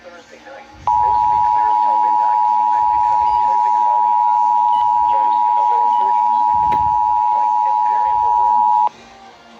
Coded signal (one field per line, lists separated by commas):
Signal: Emergency Alert System (SAME) tones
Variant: 853 and 960 Hz attention tone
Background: speech, music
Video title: West Virginia tornado drill on 18 stations (3/20/24) EAS 2197-2214